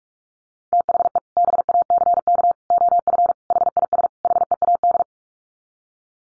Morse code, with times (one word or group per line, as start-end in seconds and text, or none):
0.7-1.2 THE
1.4-2.5 BACK
2.7-3.3 OF
3.5-4.1 HIS
4.2-5.0 HEAD